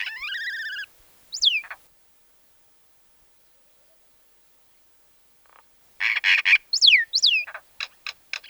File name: mayna golos